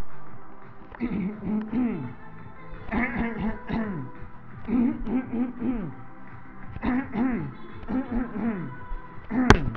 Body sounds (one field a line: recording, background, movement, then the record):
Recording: throat clearing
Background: music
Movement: walking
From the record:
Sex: male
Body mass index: 20.6 kg/m2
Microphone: on the chest, facing the body